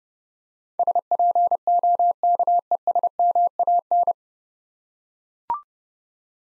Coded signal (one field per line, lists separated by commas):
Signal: Morse code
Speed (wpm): 32 wpm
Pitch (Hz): 700 Hz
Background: none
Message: SPOKESMAN